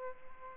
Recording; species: mosquito wingbeat signal from an infrared sensor; Aedes albopictus